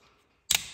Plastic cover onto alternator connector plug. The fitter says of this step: snap that on there now that's ready to hook up to the alternator